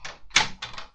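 A plastic upper-deck interior wall panel is slotted into the upper deck of a scale model bus and clipped home. Short broadband plastic clicks and scrapes are heard, with the loudest, sharpest click at 0.4 s as the panel seats firmly into place.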